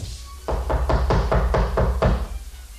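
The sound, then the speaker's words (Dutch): A series of about seven firm, evenly spaced knocks on the door of flat number 3, loud and solid with a dull, resonant thud, with no voices. “Klopt nog eens”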